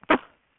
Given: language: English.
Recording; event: throat vibration sensor signal played as sound; cough